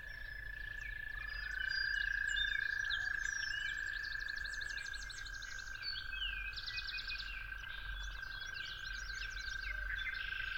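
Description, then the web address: Toads trilling steadily, a second trill sliding up to meet the first early on, amid a chorus of chirping and rattling birds. At dawn. "musicofnature Toads at Dawn"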